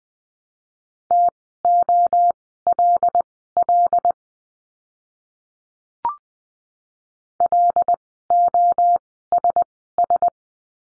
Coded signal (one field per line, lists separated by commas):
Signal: Morse code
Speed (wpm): 20 wpm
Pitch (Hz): 700 Hz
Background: none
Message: TOLL LOSS